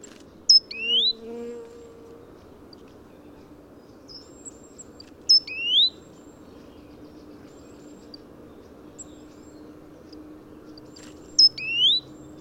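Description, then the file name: Great tit giving three spaced calls, each a bright high note sliding into a rising whistle, several seconds apart, over soft low rumble. "Parus major"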